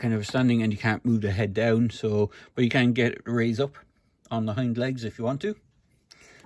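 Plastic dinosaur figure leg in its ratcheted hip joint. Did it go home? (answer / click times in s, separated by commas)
yes / 6.1 s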